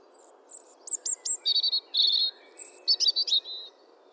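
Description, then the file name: European robin song phrase of high, thin notes: a sustained whistle, quick rattling trills, then a jumble of sliding notes, over a faint low background hiss. "Erithacus rubecula"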